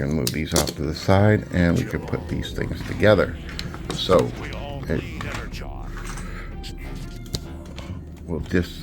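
Someone talks while handling the plastic parts of a Newage NA H53 Michael combining transforming robot toy (Omega Supreme), setting pieces aside to fit a part into the main body, with a few light plastic taps and clicks in the background. Nothing has seated or snapped into place yet.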